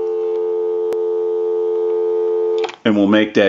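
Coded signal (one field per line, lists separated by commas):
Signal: telephone call progress tone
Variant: North America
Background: speech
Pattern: dial tone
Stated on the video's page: Tones from a Western Electric Spacesaver telephone during checkout and repair.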